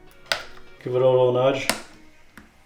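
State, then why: Seated. During a no-power charging port replacement repair on a UE Ultimate Ears Megaboom portable speaker, the circuit board assembly with the new charging port is pressed back into the speaker's plastic housing and given a nudge. A sharp, loud click at 0.3 s marks the assembly clicking into place, seated, while someone talks.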